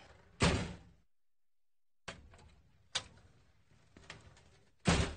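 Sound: door being opened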